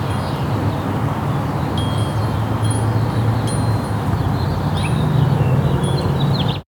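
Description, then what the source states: Birds giving faint, scattered high chirps and short notes over a loud, constant low engine rumble. Recorded in a backyard.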